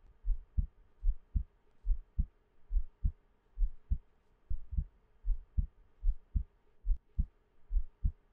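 Steady, regular lub-dub heartbeat of an adult at about 72 beats a minute, deep muffled thumps recorded close up.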